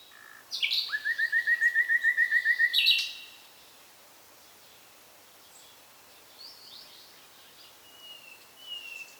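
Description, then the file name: Common nightingale song: a sharp high note, then a quick repeated series of many clear throbbing notes, followed by quiet soft whistles. "Luscinia megarhynchos"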